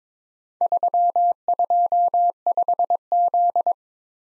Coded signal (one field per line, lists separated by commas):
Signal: Morse code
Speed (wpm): 22 wpm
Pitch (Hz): 700 Hz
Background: none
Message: 325Z